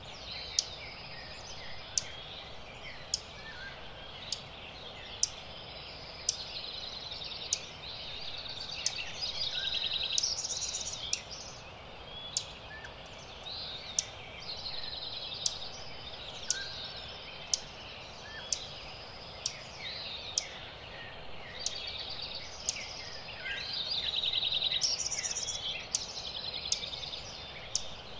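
A dawn chorus of songbirds chirps and trills over a steady low hush, with sharp clicks ticking regularly about every second throughout.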